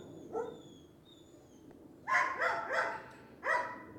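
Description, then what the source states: Dog barking: one single bark, then a pause with a thin high tone, then a rapid volley of four loud barks. More than one dog barking.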